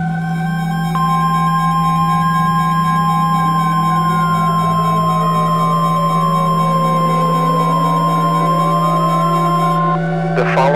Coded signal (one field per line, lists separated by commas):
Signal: Emergency Alert System (SAME) tones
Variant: 1050 Hz attention tone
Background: music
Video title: EAS SCENARIO: Terror Up In The Hills